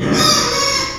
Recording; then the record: squeal of a Yucatan mini pig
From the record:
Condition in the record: before surgery on the right vocal fold (resection and tissue-engineered implant); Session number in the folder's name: 1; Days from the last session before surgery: -3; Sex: male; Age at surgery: 12 weeks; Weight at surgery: 13 kg